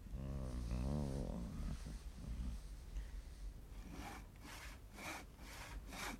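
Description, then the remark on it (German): A low, wavering rumble gives way to a handsaw rasping through the first of four wooden posts supporting a building, in steady back-and-forth strokes, about four harsh, hissing pulls in a regular rhythm. “Er schlängelt sich wie ein Aal zum 1. Pfosten, setzt die Säge an.”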